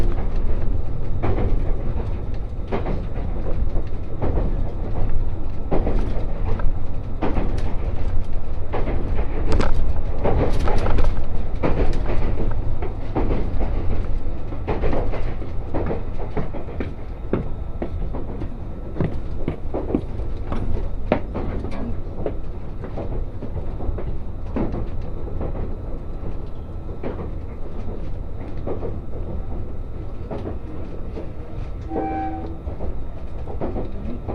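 Aboard the Resort Shirakami No. 4 on the Gono Line, a steady low rumble carries frequent rattling clicks, with a brief chime near 32 seconds.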